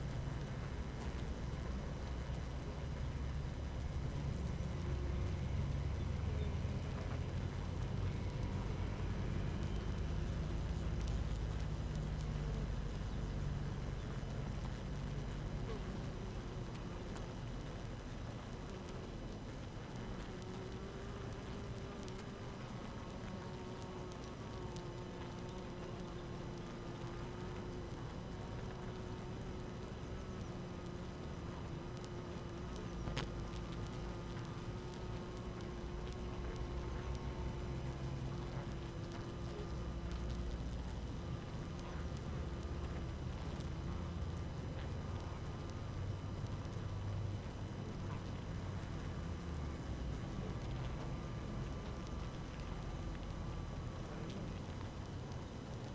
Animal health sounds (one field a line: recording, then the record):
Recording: honeybee colony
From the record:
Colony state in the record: active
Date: 12 June 2018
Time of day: 6:18